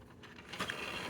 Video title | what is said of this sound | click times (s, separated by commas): Replacing Consumables for Canon imageRUNNER Advance C2030/2020 | clicks out and you'll be able to replace it | 0.7 s